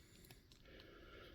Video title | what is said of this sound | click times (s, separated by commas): LevelMDiecast: Diecast Haul Episode 37 - Variations, 1/50 scale, Matchbox, Maisto, Majorette, Kaido | But this one doesn't want to click. | none